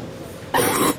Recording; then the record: coughing mixed with background sound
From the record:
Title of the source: 30 Chesty and wet cough